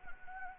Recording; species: mosquito wingbeat signal from an infrared sensor; Anopheles gambiae